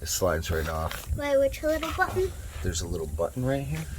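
Someone talks while handling a fuel line quick-connect fitting at the underbody fuel filter on the driver's side of a diesel pickup, pointing out the little button used to release it. Only speech and faint handling noise are heard; the fitting has not snapped on or seated yet within the clip.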